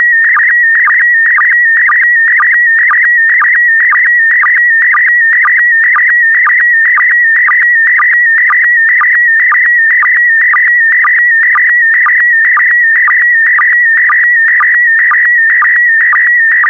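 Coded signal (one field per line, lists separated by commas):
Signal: SSTV (slow-scan television)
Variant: PD120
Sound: warbling steady tone near 1.9 kHz with a low blip twice per second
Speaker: complete. You can now check your decoded image against the picture that is shown on the video.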